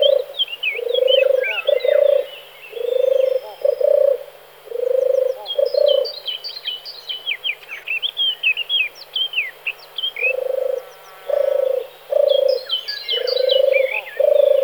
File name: streptopelia turtur